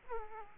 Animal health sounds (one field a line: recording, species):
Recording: mosquito wingbeat signal from an infrared sensor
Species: Aedes aegypti